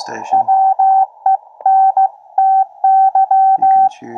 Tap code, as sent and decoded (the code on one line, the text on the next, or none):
none